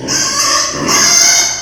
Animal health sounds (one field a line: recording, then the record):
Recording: squeal of a Yucatan mini pig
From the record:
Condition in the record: before surgery on the right vocal fold (resection and tissue-engineered implant)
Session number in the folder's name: 2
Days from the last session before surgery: 0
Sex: male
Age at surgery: 12 weeks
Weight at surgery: 13 kg